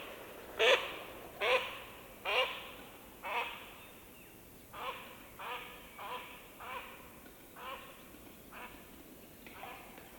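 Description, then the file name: Duck quacking in a series of harsh, nasal calls about once a second, loud at first and then softer and steadier as the calls continue. A duck flying and passing by. "Digiffects Sound Effects Library - Duck Flying and Passing"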